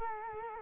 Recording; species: mosquito wingbeat signal from an infrared sensor; Culex quinquefasciatus